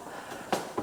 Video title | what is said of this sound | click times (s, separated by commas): Texas Hill Country Home with Amazing Views For Sale, Aug 2025 | locks into place, | 0.5 s, 0.8 s